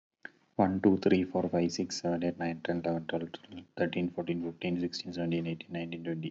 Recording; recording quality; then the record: counting at a normal pace; excellent, no background noise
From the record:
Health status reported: healthy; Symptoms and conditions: none ticked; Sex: male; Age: 29 years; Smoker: not ticked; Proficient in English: yes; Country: India